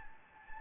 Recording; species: mosquito wingbeat signal from an infrared sensor; Anopheles gambiae